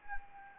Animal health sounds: mosquito wingbeat signal from an infrared sensor; Anopheles arabiensis

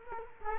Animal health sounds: mosquito wingbeat signal from an infrared sensor; Culex quinquefasciatus

